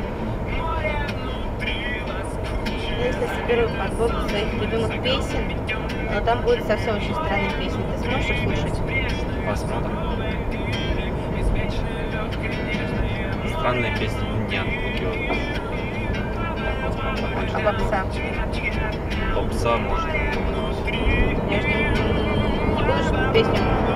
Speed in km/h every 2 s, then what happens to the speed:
76, 76, 75, 76, 76, 75, 73, 74, 76, 82, 87, 97.
0-15 steady at about 75. 15-24 speeds up to 97.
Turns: none.